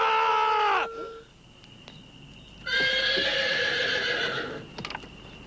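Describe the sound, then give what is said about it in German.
Horses whinny in two long, loud, shrill bursts that waver and fall in pitch, with a few scattered hoof clops in the quieter stretch between them and just after. “in der Nacht verschwanden die beiden Indios mit den Pferden.”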